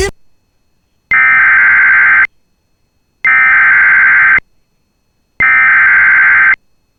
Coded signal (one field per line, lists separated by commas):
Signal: Emergency Alert System (SAME) tones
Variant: header bursts